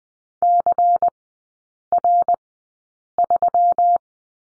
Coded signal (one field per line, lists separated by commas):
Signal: Morse code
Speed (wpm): 20 wpm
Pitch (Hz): 700 Hz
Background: none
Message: CR3